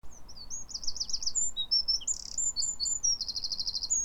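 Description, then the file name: Eurasian wren singing a fast, very high-pitched run of sharp notes and rapid rattling trills, with a steady low rumble underneath. "Troglodytes troglodytes"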